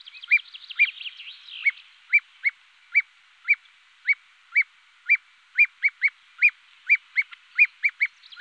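Common ringed plover uttering clear, sharp piping notes that rise briefly, spaced roughly every half second, with a softer burst of notes near the start.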